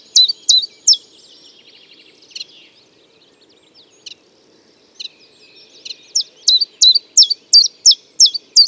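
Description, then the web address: Common chiffchaff song: a few high, sharp notes, a pause with faint sounds, then a longer run of evenly repeated notes. "Chiffchaff"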